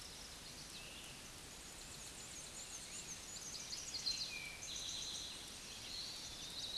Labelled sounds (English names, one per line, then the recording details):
Black-and-white Warbler song
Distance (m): 80 m
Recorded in a Pennsylvania forest on 19 May 2023 at 06:19
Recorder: AudioMoth, point grid1_37_low
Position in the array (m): 80 m, 110 m